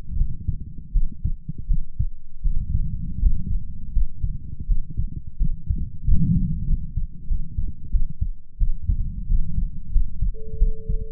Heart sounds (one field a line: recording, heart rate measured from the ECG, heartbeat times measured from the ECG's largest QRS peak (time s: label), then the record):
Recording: heart sounds by stethoscope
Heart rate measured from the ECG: 86 bpm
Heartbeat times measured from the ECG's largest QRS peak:
0.15 s: heartbeat
0.91 s: heartbeat
1.66 s: heartbeat
2.41 s: heartbeat
3.18 s: heartbeat
3.91 s: heartbeat
4.65 s: heartbeat
5.36 s: heartbeat
6.04 s: heartbeat
6.65 s: heartbeat
7.26 s: heartbeat
7.89 s: heartbeat
8.57 s: heartbeat
9.26 s: heartbeat
9.90 s: heartbeat
10.56 s: heartbeat
From the record:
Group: healthy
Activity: rest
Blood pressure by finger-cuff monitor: 104/62 mmHg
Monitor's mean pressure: 77 mmHg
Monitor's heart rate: 86 bpm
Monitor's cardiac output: 7 L/min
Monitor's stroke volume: 83 mL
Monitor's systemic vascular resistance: 770 dyn s/cm5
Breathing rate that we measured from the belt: 19 breaths a minute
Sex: female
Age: 26 years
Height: 165 cm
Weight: 55 kg